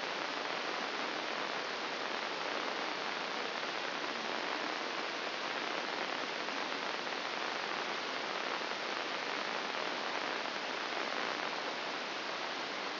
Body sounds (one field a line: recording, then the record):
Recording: brain microelectrode recording played as sound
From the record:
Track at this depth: inside the subthalamic nucleus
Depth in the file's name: 4.302 mm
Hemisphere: left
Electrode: 2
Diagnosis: Parkinson's disease